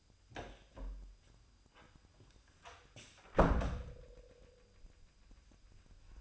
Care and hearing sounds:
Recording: daily activity, microphone in the room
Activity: close door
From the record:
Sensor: 2

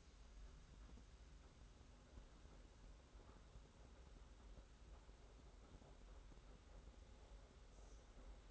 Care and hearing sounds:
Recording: daily activity, microphone in the room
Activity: make coffee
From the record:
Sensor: 3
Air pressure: 991.7 hPa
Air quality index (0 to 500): 181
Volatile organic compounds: 1000 ppm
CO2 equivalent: 6039 ppm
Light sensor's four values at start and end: 41/118/48/42 and 41/118/48/42

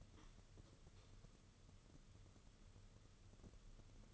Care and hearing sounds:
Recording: daily activity, microphone in the room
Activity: light off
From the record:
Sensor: 4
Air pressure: 995.3 hPa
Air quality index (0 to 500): 210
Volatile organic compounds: 216 ppm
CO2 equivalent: 4264 ppm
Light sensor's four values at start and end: 9/21/8/10 and 9/21/8/10

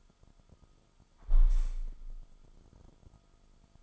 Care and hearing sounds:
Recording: daily activity, microphone in the room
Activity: close window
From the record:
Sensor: 5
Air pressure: 1004.7 hPa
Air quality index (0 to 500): 83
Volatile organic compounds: 2 ppm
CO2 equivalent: 990 ppm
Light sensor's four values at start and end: 34/79/32/31 and 34/79/32/31

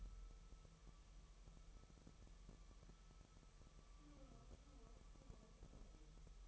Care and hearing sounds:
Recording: daily activity, microphone in the room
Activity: wipe stove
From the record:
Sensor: 1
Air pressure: 1001.1 hPa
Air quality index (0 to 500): 249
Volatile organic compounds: 149 ppm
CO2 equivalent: 4017 ppm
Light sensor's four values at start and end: 13/31/13/14 and 13/31/13/14

